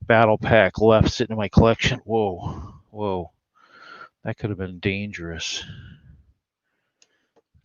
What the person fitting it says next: Okay, why is it not clicking into place?